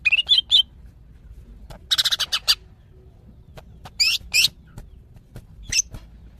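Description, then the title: Greater green leafbird calls: short bursts of sharp chirps in clusters, with long pauses between, a lone click now and then. Female calling a male; described as very vocal. "CUCAK IJO BETINA GACOR HIPER MEMANGGIL JANTAN"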